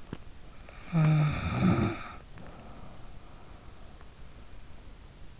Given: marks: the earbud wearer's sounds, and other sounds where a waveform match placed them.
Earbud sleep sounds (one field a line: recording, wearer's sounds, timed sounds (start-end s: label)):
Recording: sounds in sleep by an in-ear microphone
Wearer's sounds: snoring breath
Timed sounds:
0.31-4.08 s: snoring breath